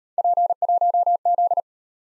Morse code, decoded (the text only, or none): P1Z